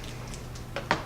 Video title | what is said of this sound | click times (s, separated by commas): EDC Pocket Dump | below but this snaps right into that Kydex sheath | 0.9 s